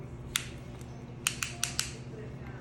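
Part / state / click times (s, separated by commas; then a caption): small torque-limiting driver on a spinal instrument assembly / torque reached / 0.4 s, 1.3 s, 1.4 s, 1.6 s, 1.8 s. A small torque-limiting driver is spun on a spinal surgical instrument assembly until it clicks out at its torque setting, leaving it locked. Sharp, bright clicks sound at 0.4, 1.3, 1.4, 1.6 and 1.8 seconds over a steady low hum.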